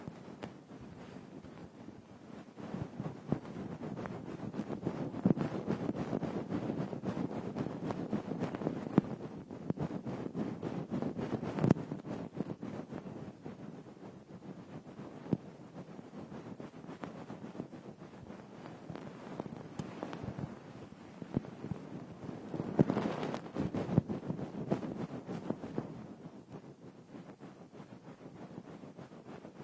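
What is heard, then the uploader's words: Frosted bath ball ear picking makes a dense, crackly scratching that swells louder around five and twenty-three seconds, with sharp clicks scattered throughout. Frosted Bath Ball Ear Picking Experience.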